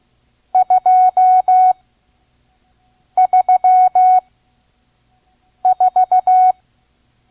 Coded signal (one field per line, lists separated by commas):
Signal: Morse code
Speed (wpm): 16 wpm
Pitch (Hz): 740 Hz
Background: none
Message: 234